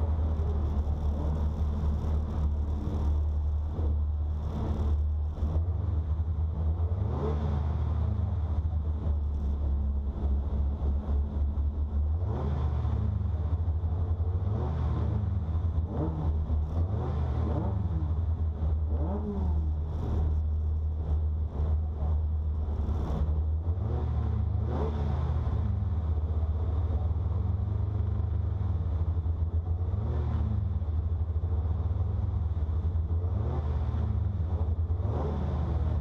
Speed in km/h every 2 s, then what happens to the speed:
0, 0, 0, 0, 0, 0, 0, 0, 0, 0, 0, 0, 0, 0, 0, 0, 0, 0.
0-36 standing.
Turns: none.